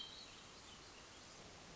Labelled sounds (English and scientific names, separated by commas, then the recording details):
Hermit Thrush (Catharus guttatus)
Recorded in Sonoma County, California